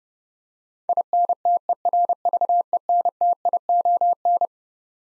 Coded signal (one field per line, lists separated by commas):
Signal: Morse code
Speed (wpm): 30 wpm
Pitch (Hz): 700 Hz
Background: none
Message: INTERVENTION